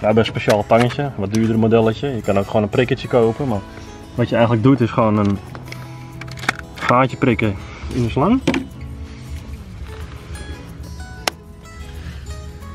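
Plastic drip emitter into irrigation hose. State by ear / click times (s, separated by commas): seated / 11.3 s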